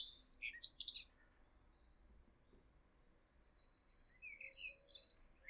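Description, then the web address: Eurasian blackcap singing short, high warbled phrases at the start and again near the end, with quiet stretches and soft low background noise between them. In a neighbourhood. "ecoute de mon quartier fauvette a tete noire"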